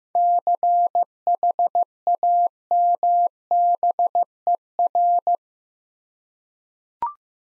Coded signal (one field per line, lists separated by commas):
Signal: Morse code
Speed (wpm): 15 wpm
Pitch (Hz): 700 Hz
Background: none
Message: CHAMBER